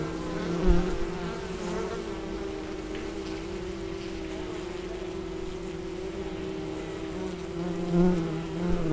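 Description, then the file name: Bee buzzing, an even humming drone with a dull knock near the start and a brief loud swell toward the end. In flight. "Bienenflug"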